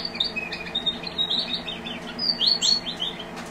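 Strawberry finch twittering, a continuous run of quick high chirps and short trills in brisk bursts over faint hum.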